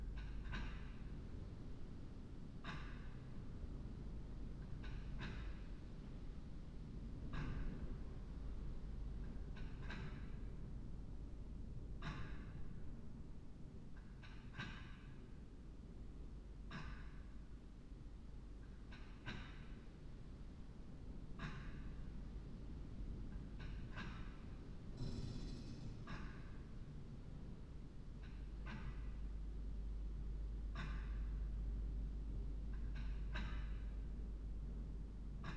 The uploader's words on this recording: St Mary’s Church in Rye. An aural presence of St Mary's church. This passage of time is as it happened, from midnight to 1am.